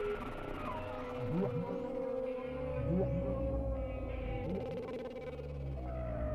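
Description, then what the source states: Whale song: sustained tonal moans with short low whoops that rise and dip, a few faint high sweeping squeals above a low hum. Whale sounds without music, for sleep.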